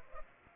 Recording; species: mosquito wingbeat signal from an infrared sensor; Culex pipiens